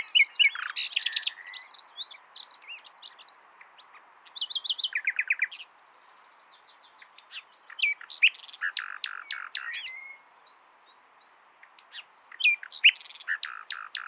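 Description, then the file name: Common nightingale song: fast chattering notes, a buzzy trill and rapid repeated strokes, in phrases broken by short silences. "Luscinia megarhynchos"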